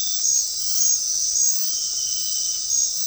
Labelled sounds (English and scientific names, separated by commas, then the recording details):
none
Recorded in dense forest near Puerto Asís, Putumayo, Colombia, on 19 February 2024 at 21:30
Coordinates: 0.500, -76.322
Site G6465